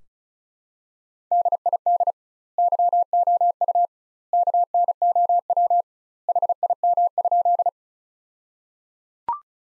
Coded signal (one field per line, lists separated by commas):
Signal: Morse code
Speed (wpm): 36 wpm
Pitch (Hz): 700 Hz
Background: none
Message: DID YOU KNOW HIM?